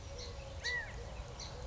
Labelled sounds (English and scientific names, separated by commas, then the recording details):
California Quail (Callipepla californica)
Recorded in Sonoma County, California